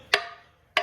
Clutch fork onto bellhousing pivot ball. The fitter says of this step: and once it's in place after you hear that snap there should be no play